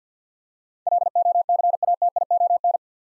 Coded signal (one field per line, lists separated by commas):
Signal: Morse code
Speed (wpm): 48 wpm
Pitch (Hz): 700 Hz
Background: none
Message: LOCATION